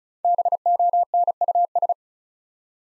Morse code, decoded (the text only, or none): BONUS